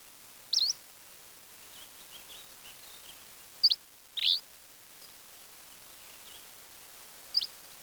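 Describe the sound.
Bird giving scattered brief high chirps and a soft twittering note, over constant hiss.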